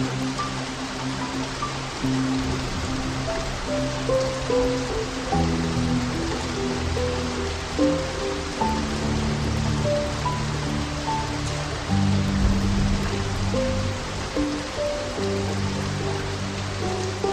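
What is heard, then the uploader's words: Rain hisses steadily throughout, an even, dense wash with no real pauses. Over it a slow piano plays soft, sustained notes in the low and middle range, chords changing every second or two, with occasional brighter single notes drifting above. 8 Hours Rain White Noise.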